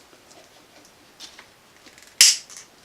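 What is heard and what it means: The strap of a SAM Extremity Tourniquet is pulled through its locking buckle, with faint rubbing and handling sounds beforehand. A sharp, bright click at 2.2 s is the buckle's internal teeth engaging the strap, and a softer tap follows shortly after. The strap is seated and locked in the buckle.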